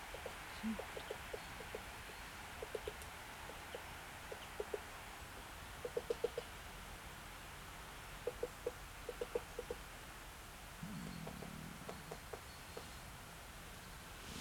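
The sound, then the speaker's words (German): A woodpecker sitting up in a tree taps on the branches right next to the trunk in irregular bursts of sharp, dry knocks, some grouped in quick runs of three or four, with quiet gaps between, over a soft steady outdoor hiss. “Also er klopfte nicht am Stamm, er klopfte auf den Ästen direkt in unmittelbarer Nähe des Stamms.”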